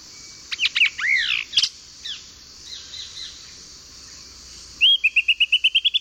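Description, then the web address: Lawrence's thrush singing a varied run of squawky, slurred and chattering phrases with pauses, ending in a quick series of rising high notes. Eastern lowlands of South America. "WLL Grade 1-12 Pre-Uni Library Enter Natures Songs S America Eastern Lowlands Lawrence's Thrush"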